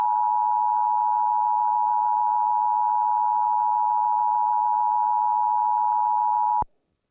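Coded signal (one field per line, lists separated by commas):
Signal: Emergency Alert System (SAME) tones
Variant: 853 and 960 Hz attention tone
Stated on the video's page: US national Emergency Alert System test from 2011, seen on DirecTV Latin America channels.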